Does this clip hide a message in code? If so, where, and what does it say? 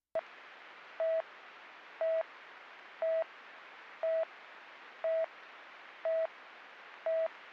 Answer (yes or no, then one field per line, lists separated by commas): no